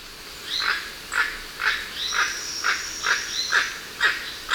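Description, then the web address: Emerald toucanet uttering gruff, clipped croaks roughly twice a second, along with thin, high whistled notes from other birds. Recorded in Ecuador. "S America Birds of Ecuador. Emerald Toucanet"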